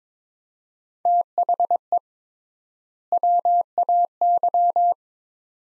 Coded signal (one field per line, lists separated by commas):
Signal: Morse code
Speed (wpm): 21 wpm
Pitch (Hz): 700 Hz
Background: none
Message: THE WAY